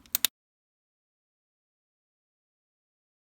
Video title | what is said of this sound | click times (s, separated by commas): ASUS UX370U UX370UA Keyboard Key Installation guide Lenovo Legion LC41 | Center the keycap over the hinge. Once aligned, push down, and it should snap into place. | 0.2 s